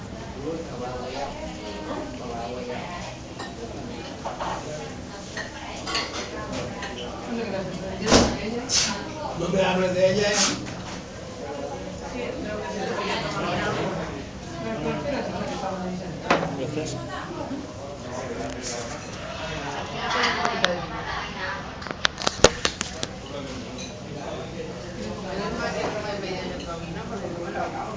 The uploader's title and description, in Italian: in un bar di Barcellona. L’esotico cicalecchio di un bar di Barcelona